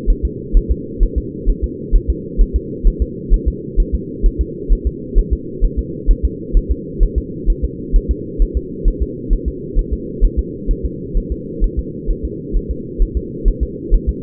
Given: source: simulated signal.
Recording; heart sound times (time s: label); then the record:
fetal heart sounds
0.10 s: S1
0.25 s: S2
0.57 s: S1
0.72 s: S2
1.03 s: S1
1.18 s: S2
1.50 s: S1
1.64 s: S2
1.96 s: S1
2.10 s: S2
2.42 s: S1
2.56 s: S2
2.87 s: S1
3.02 s: S2
3.34 s: S1
3.48 s: S2
3.80 s: S1
3.95 s: S2
4.26 s: S1
4.41 s: S2
4.73 s: S1
4.87 s: S2
5.19 s: S1
5.33 s: S2
5.65 s: S1
5.79 s: S2
6.11 s: S1
6.25 s: S2
6.57 s: S1
6.71 s: S2
7.03 s: S1
7.18 s: S2
7.50 s: S1
7.64 s: S2
7.96 s: S1
8.11 s: S2
8.42 s: S1
8.57 s: S2
8.88 s: S1
9.03 s: S2
9.33 s: S1
9.48 s: S2
9.79 s: S1
9.93 s: S2
10.25 s: S1
10.39 s: S2
10.71 s: S1
10.86 s: S2
11.18 s: S1
11.32 s: S2
11.64 s: S1
11.79 s: S2
12.11 s: S1
12.25 s: S2
12.57 s: S1
12.71 s: S2
13.02 s: S1
13.17 s: S2
13.48 s: S1
13.63 s: S2
13.95 s: S1
14.09 s: S2
From the record:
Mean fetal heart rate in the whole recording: 130 bpm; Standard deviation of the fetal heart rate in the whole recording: 2 bpm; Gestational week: 38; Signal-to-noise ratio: -4.1 dB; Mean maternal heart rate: no maternal heart sound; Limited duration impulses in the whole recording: absent